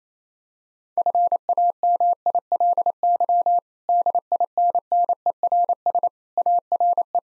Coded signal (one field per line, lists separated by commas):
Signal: Morse code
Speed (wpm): 28 wpm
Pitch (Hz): 700 Hz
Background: none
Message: FAMILY DINNERS ARE